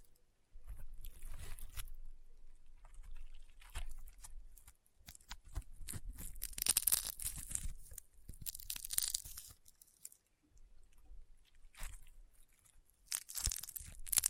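Crunchy, popping slime is worked in bursts of dense crackling, with sharp bright pops and crisp snaps clustering around six to ten seconds and again near the end. Short quiet gaps fall around five, ten and twelve seconds, and soft low thumps sit beneath the crunching.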